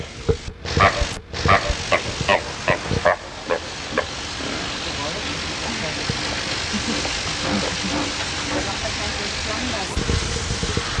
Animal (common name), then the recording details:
Brown Fur Seal. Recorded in captivity. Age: adult. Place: Zoo Berlin, Berlin, DE. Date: 1985-09-05 10:05. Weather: overcast, 14°C. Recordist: Tembrock, Günter. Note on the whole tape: Zwergseebär. Diverese Laute, auch agonistisch. Anlage wird gereinigt